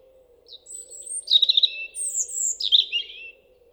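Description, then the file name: European robin delivering a phrase: high whistles alternating with buzzy notes, ending in a descending warble. "Erithacus rubecula"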